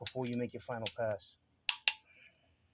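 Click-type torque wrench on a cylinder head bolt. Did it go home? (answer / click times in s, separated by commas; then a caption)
yes / 1.7 s, 1.9 s. Someone talks, then a click-type torque wrench makes its final torque pass on a torque-to-yield cylinder head bolt that had sat a few minutes on a 1986 Dodge Daytona cylinder head replacement, with sharp clicks at 1.7 s and 1.9 s. The wrench clicks cleanly and the bolt is judged good, unlike the earlier double click that meant the bolt was still moving and not fully seated.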